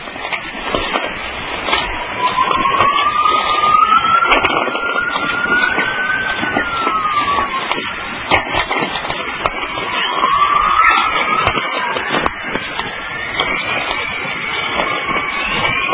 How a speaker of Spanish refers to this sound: el sonido de la tormenta magnética genera una especie de chisporroteos muy divertidos y muy originales que son muy fácilmente identificables. Esto se grabó en Peace River, al noroeste del estado de Alberta, el 2 de junio de 1996.